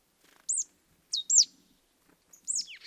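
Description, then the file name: Marsh tit calls: three sharp, high downslurred calls, the middle one a quick double 'pitchou'-like pair. "Poecile palustris"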